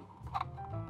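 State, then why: Released. A small latch on a daylight film developing tank is pressed and the 120 film back module is pushed straight up, giving a sharp click at 0.4 s as the back releases and pops off. Fainter taps come before it over a steady low hum and a few tonal lines.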